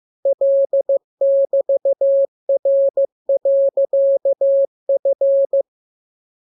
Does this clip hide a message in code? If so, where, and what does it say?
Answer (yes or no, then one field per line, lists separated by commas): yes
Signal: Morse code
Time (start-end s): 0.3-5.6 s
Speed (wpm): 15 wpm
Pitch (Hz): 550 Hz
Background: none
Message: L<BT>R.F